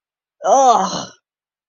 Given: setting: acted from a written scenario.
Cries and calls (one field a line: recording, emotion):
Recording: vocal sound without words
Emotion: contempt